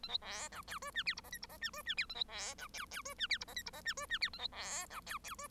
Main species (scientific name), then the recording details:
Lonchura striata domestica. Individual Bird1